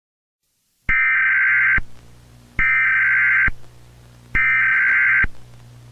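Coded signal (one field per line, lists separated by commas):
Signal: Emergency Alert System (SAME) tones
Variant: header bursts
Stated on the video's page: Fictional WW3 nuclear EAS scenario, reupload of another creator's work.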